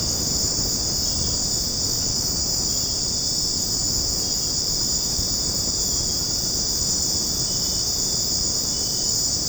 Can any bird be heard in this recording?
no